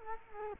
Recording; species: mosquito wingbeat signal from an infrared sensor; Culex quinquefasciatus